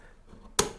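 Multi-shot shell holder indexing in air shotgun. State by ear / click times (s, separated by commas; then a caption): seated / 0.6 s. The release on a SWAirguns 20-gauge air shotgun is pulled and its multi-shot shell holder is moved to the next shot. After near silence, a single sharp click comes at 0.6 s as the holder locks into position and is seated.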